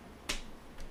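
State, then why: Seated. A graphics card is pushed into its expansion slot, and the retention latch gives a sharp click at 0.3 s. A fainter tick follows near 0.8 s, and the card is seated.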